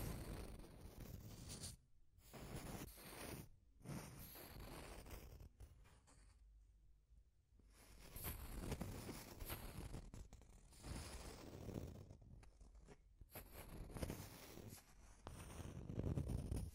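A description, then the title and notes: Deep scratching in dense, rough bursts that fill the whole range, with brief silent gaps near two and four seconds and a quieter stretch around seven. Deep Scratching. (No Talking).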